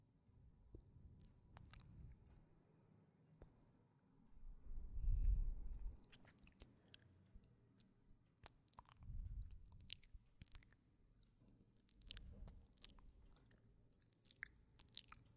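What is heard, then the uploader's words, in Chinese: Kissing and lip sounds: quick, wet smacks and sharp clicks, sparse early on and coming thicker after about eight seconds. Soft, low, breathy swells rise and fade beneath them near two, five, nine and twelve seconds. 亲亲与口唇声。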